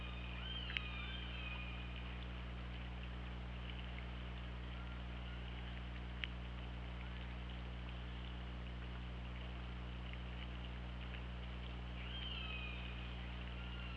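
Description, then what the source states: Killer whale calls, one near the start and another near the end, over steady low underwater hum and hiss. Underwater recording from an OrcaLab hydrophone, 24 August 2017, 08:02:28.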